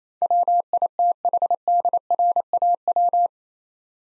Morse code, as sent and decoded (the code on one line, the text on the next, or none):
.-- .. - .... -.. .-. .- .--
WITHDRAW